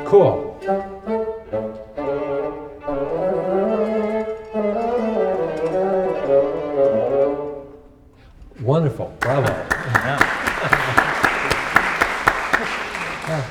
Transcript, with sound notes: Cool. [music playing] Wonderful. Bravo. [applause] Yeah.